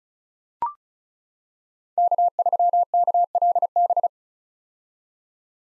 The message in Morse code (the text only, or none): K3KLB